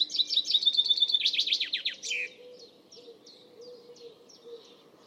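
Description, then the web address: Bird song: a loud, high, rapid trill for two seconds ending in descending sweeps, followed by spaced soft chirps over faint low notes. "cianscape birddata Deverinetal 2025 Bird Only Fr Co"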